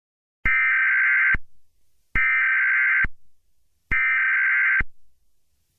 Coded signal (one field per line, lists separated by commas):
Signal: Emergency Alert System (SAME) tones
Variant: header bursts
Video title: EAS Scenario 7 - GMAN’s Terror!